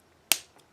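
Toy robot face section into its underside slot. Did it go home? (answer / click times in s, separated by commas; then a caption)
yes / 0.3 s. A Metamor-Force Dancouga toy robot's large face section is swung on its double joint and pressed underneath the body during transformation to eagle fighter mode. A single sharp plastic click sounds at 0.3 s, followed by a faint softer tick near 0.6 s. The face section clicks into place in its underside slot and is seated.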